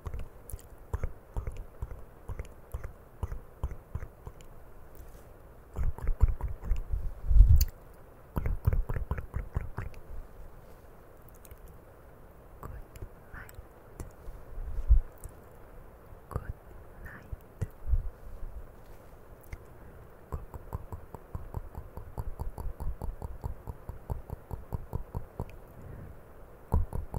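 Wet mouth clicks and chewing-like smacks come in irregular bursts, densest around six to ten seconds, with soft tapping handling noises between.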